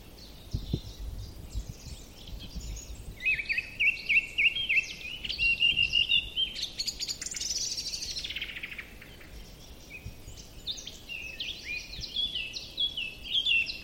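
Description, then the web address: Song thrush song: bright phrases of short notes, each repeated several times before switching to a new phrase. "cianscape birddata Deverinetal 2025"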